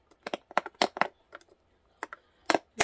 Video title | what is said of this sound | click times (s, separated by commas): small but good Dollar Tree Haul.. | latching oh there it went I like that | 2.5 s